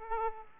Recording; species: mosquito wingbeat signal from an infrared sensor; Aedes aegypti